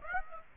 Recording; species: mosquito wingbeat signal from an infrared sensor; Aedes aegypti